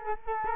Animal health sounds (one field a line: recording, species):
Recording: mosquito wingbeat signal from an infrared sensor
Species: Culex quinquefasciatus